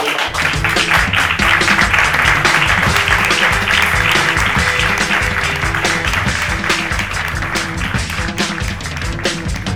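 An audience claps steadily for about ten seconds, a loud, dense patter of many hands with no voices over it, holding its energy throughout and easing only slightly toward the end.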